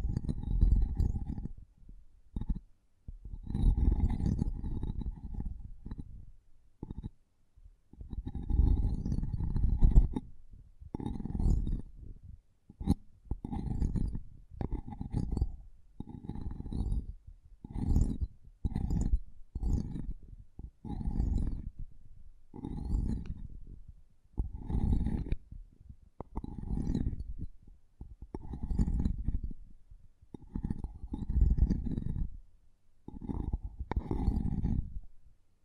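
Mic tapping and scratching come in dense, muffled bursts, each lasting about a second, with short silent gaps between them. The thuds are deep and boomy, with faint crackly scratches riding on top, repeating steadily for the whole thirty-six seconds.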